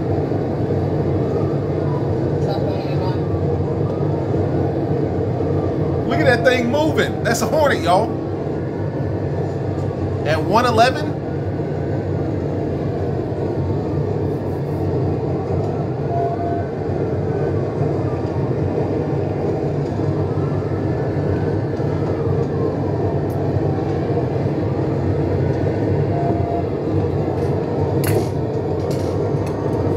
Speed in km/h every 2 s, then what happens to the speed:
169, 171, 179, 180, 182, 187, 177, 172, 175, 179, 184, 184, 187, 190, 188.
0-10 speeds up to 187. 10-13 brakes to 172. 13-30 speeds up to 188.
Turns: none.